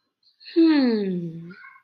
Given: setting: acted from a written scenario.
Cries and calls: vocal sound without words; interest

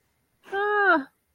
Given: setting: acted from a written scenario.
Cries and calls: vocal sound without words; fear

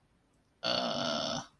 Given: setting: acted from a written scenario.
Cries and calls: vocal sound without words; confusion

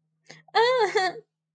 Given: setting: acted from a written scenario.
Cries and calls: vocal sound without words; pain

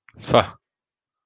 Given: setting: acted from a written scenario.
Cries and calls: vocal sound without words; contempt

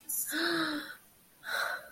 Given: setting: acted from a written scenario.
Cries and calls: vocal sound without words; awe

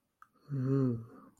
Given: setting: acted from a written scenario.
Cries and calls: vocal sound without words; romantic love

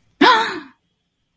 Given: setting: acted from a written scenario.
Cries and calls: vocal sound without words; fear

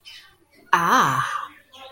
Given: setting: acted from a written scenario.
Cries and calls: vocal sound without words; negative surprise

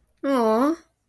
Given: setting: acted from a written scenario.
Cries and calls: vocal sound without words; sympathy

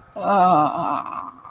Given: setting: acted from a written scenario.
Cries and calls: vocal sound without words; ecstasy

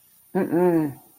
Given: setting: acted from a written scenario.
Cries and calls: vocal sound without words; confusion

